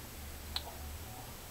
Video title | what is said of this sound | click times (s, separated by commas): Camillus SK Desert Knife, Les Stroud series. | that liner lock grabs in good there's virtually no movement at all | 0.6 s